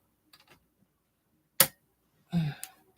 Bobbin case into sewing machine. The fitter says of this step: Push it in till it snaps.